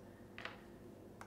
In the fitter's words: the ring so that it clicks into place like this